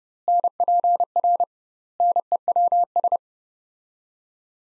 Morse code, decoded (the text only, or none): NPR NEWS